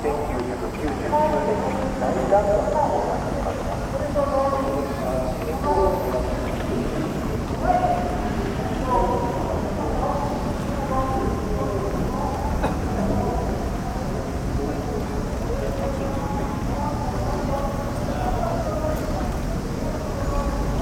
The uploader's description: Field-recorded at Yasukuni Shrine, Tokyo